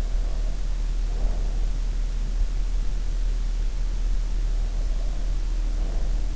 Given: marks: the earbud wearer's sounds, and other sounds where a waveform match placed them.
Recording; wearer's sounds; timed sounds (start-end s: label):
sounds in sleep by an in-ear microphone; breath
0.11-1.82 s: breath
5.21-6.36 s: breath